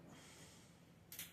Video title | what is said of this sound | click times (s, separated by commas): How to Install Door Weatherstrips to an AMX or Javelin Door #amx #amc #javelin | You can just hear those things snap into place. | 1.1 s